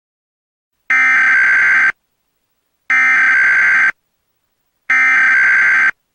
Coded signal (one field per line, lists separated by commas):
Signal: Emergency Alert System (SAME) tones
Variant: header bursts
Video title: EAS Possible Reenactment Mock: TX RMT but it is on different screens